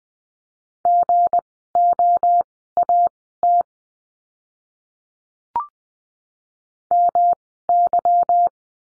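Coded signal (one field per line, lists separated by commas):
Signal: Morse code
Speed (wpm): 20 wpm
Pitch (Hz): 700 Hz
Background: none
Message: GOAT MY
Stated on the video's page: Morse code course lesson on the letter G, words sent at Farnsworth speed of 20/10 wpm.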